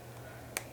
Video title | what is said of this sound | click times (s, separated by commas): How to add RIVETS | Snap in place. Then I'm gonna put | 0.6 s